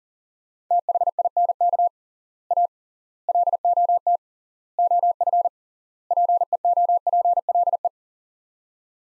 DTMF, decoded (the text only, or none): none